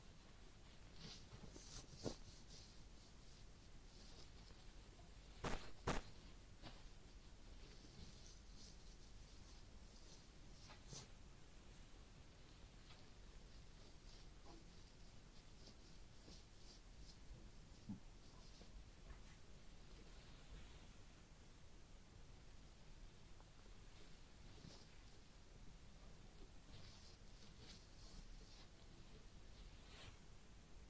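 A head massage and ear cleaning goes on under a steady soft hiss, with faint rubbing and scratching textures throughout. Sharp clicks or taps stand out around 2, 5–6 and 11 seconds, with smaller ticks scattered later.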